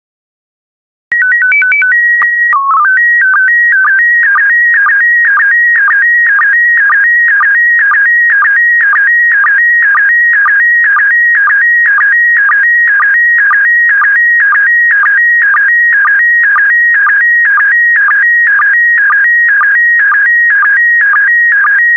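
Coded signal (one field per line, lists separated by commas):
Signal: SSTV (slow-scan television)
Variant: PD120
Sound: short calibration header of tones, then a steady warbling tone with regular clicks twice a second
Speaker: complete you can now check your decoded image against the picture that is shown on the video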